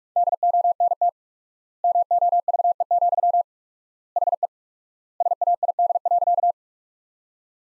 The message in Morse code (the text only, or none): DONT MOVE, HE SAID.